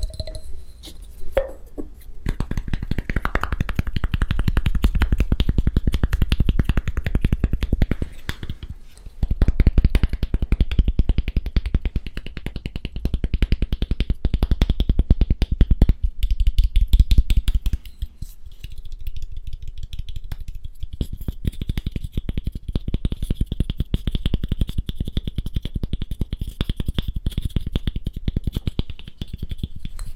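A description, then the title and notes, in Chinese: Glassware such as beakers and test tubes is handled during an experiment, with a dense, rapid stream of small clicks and taps running nearly throughout. The rattling eases briefly near nine seconds and thins out around eighteen to twenty, while a faint high whine lingers. 烧杯 试管 做个实验。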